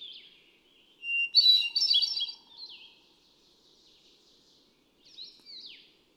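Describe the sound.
Hermit thrush song: a steady whistle rising into a ringing, ethereal flourish, with softer fading notes and a quieter, sliding phrase afterward.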